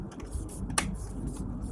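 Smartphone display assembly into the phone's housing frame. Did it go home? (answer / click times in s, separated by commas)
yes / 0.8 s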